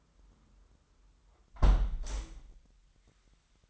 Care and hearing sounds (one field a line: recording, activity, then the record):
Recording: daily activity, microphone in the room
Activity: close window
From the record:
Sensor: 3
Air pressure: 998.6 hPa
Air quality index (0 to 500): 134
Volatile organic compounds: 4 ppm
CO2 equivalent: 1605 ppm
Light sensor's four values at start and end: 8/20/8/9 and 8/20/8/8